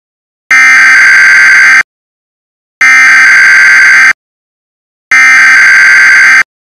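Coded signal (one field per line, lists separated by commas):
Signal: Emergency Alert System (SAME) tones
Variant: header bursts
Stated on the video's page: Simulated EAS scenario for Halloween.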